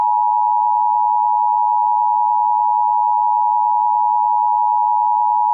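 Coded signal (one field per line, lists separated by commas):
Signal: Emergency Alert System (SAME) tones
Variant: 853 and 960 Hz attention tone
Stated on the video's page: Fictional EAS scenario using valid tones, shown on a NOAA weather radio screen.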